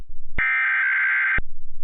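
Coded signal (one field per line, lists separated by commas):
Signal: Emergency Alert System (SAME) tones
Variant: header bursts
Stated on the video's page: Remade Verizon FiOS required monthly test with valid SAME tones, a recreation.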